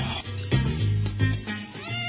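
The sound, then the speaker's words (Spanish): A cat meows repeatedly, a few drawn-out, wavering cries that rise and fall in pitch, fairly loud and clear with no one talking. “¡Oye, gatito!”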